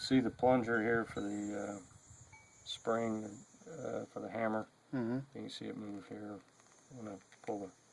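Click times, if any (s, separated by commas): none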